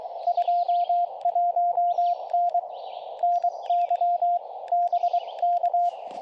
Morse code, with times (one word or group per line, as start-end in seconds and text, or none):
0.3-2.6 21N
3.2-4.4 NY
4.7-5.9 BK